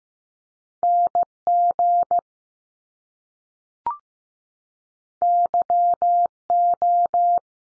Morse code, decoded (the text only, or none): N GY O